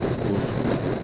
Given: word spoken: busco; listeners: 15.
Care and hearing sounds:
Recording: one Spanish word in noise, from a listening test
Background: noise modulated by three-talker babble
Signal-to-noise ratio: -6.1 dB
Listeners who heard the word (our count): 1 of 15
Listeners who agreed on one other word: 9 of 15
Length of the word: 0.63 s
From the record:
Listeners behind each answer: 9, 2, 1, 1, 1, 1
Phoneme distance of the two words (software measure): 24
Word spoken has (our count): 2 syllables, 5 phonemes, stress on syllable 1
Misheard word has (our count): 2 syllables, 5 phonemes, stress on syllable 1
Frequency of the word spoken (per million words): 5.93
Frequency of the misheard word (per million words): 93.66

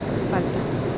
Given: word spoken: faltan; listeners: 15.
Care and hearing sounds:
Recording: one Spanish word in noise, from a listening test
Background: speech-shaped noise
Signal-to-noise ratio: -5.9 dB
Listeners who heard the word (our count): 0 of 15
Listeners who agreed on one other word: 10 of 15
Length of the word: 0.58 s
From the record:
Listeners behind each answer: 10, 1, 1, 1, 1, 1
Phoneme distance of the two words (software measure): 7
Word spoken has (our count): 2 syllables, 6 phonemes, stress on syllable 1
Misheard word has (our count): 2 syllables, 5 phonemes, stress on syllable 1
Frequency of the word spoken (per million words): 19.53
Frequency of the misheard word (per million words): 243.81

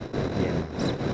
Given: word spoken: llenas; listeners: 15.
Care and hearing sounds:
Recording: one Spanish word in noise, from a listening test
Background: noise modulated by three-talker babble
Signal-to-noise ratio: -5.6 dB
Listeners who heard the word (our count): 0 of 15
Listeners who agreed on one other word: 9 of 15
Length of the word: 0.75 s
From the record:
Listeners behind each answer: 9, 2, 1, 1, 1, 1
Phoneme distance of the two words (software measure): 10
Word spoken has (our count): 2 syllables, 5 phonemes, stress on syllable 1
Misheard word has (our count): 2 syllables, 5 phonemes, stress on syllable 1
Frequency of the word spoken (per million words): 13.10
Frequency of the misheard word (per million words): 9.68

